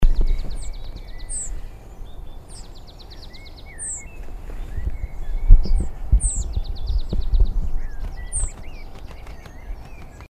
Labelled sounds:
Redwing flight call
Marsh Tit
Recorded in the wild
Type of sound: flight call
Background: Poecile palustris
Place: Hobrechtsfelder Rieselfelder, Naturpark Barnim, Berlin, DE
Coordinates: 52.6617, 13.5133
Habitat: copse
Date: 2013-04-14
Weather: sunny, windless, 5°C
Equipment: Sound Devices 702, Sennheiser MKH 70, Rycote Windschutz
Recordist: Frommolt, Karl-Heinz
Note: Flugrufe einer Rotdrossel

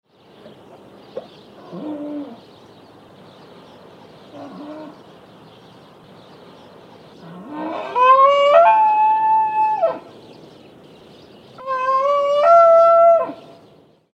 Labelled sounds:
Wapiti
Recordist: Tembrock, Günter
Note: Hirsch: Lippenlaute, Rufe

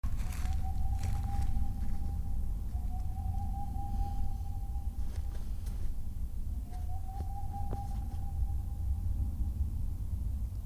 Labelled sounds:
Boreal Owl
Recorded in the wild
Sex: male
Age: adult
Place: Altsorgefeld, NSG Rochauer Heide, Brandenburg, DE
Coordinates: 51.7806, 13.5439
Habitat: wood
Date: 2007-02-20 17:46
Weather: heiter, 3-4 °C, windstill
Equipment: Sound Devices 702, Sennheiser MKH 70, Windkorb
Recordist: Frommolt, Karl-Heinz

